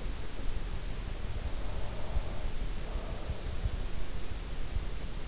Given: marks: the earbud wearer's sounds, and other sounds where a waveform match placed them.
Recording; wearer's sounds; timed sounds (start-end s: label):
sounds in sleep by an in-ear microphone; breath
1.16-4.26 s: breath